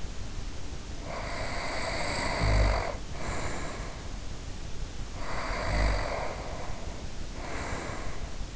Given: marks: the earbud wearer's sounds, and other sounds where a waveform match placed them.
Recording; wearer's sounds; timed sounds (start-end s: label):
sounds in sleep by an in-ear microphone; snoring breath
0.90-4.41 s: snoring breath
5.09-8.56 s: snoring breath